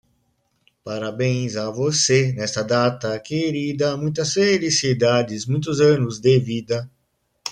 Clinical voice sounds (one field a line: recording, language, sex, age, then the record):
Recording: short text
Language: Brazilian Portuguese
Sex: male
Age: 40 to 49 years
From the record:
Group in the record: control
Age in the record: 48 years